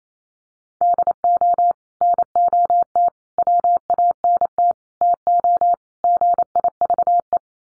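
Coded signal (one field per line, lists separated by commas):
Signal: Morse code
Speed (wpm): 28 wpm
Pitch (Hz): 700 Hz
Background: none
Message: DO NOT WANT TO GIVE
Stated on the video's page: Morse code head-copy drill at 28 wpm: sets of common five-word English n-grams, each sent, spoken, then sent again.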